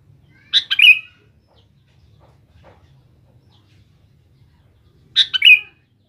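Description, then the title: Sooty-headed bulbul repeats a short, bubbly descending phrase twice, about four and a half seconds apart, with quiet between. "Kutilang"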